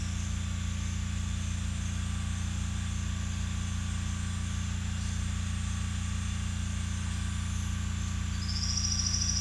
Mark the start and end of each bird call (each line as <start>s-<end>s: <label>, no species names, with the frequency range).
8.46s-9.41s: bird call (4.3-6.4 kHz)